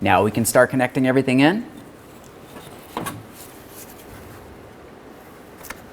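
Someone talks while a connector is being handled onto the new vapor canister purge solenoid valve on a 2006–2012 Ford Fusion. Soft handling noises follow, with a brief knock near 3.0 s and a sharp tick near 5.7 s. Nothing has seated or clicked yet.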